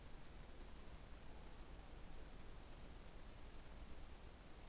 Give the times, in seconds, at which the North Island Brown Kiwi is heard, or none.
none